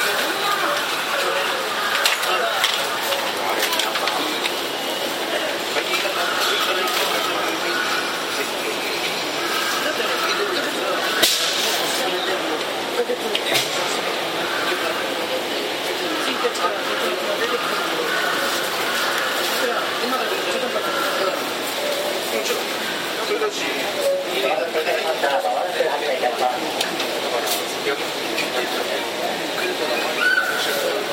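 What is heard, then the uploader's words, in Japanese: A Tokyu 7700 series train runs between Kamata and Gotanda with a steady, dense rumble and rattle that holds an even level throughout. Voices murmur through the noise, and a few sharp clacks stand out around the 11 and 13 second marks. 東急7700系 蒲田→五反田。東急7700系（7001F）蒲田→五反田。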